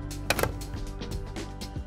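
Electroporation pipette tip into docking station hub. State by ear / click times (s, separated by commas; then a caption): seated / 0.3 s. A loaded plastic electroporation pipette tip is pushed into the buffer tube in the docking station of an Invitrogen Neon NxT Electroporation System. A sharp click at 0.3 s shows the pipette is securely seated in the hub, followed by a couple of quick smaller ticks and soft handling sounds over a steady background.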